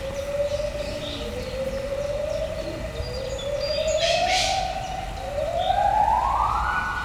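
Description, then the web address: White-handed gibbon song: a series of long, pure hooting notes that rise step by step in pitch, each sliding upward, the last climbing highest, with faint chirps and background hiss. Captive white-handed gibbons at a zoo in Debrecen, recorded in 2012, heard from both the left and the right. "debrecenizoo 2012 premium feherkezugibbon"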